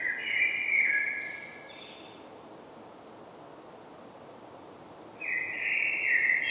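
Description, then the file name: Common blackbird fluting a rich low phrase finished with a high scratchy twitter, then after a pause beginning another mellow warbled phrase. "Turdus merula"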